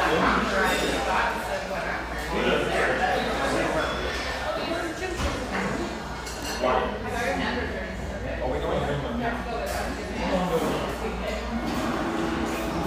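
A coffeehouse full of overlapping conversation, a dense, steady murmur of many voices with no single speaker standing out. Cups and dishes clink now and then throughout, over a low constant hum that runs beneath the whole stretch.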